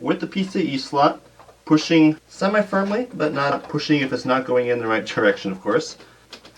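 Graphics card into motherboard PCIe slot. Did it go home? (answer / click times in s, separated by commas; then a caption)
no / none. A graphics card is lined up with the motherboard's PCIe slot and pushed in semi-firmly while someone talks, with a few faint short ticks near the very end at about 6.3, 6.5 and 6.6 seconds. The card has not yet seated; the slot's plastic retention latch has not clicked.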